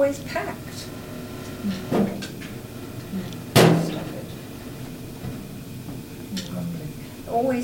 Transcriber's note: clanging noise in background